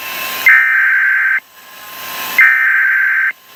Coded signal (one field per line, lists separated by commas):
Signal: Emergency Alert System (SAME) tones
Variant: header bursts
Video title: FFW (3/31/21) EAS 226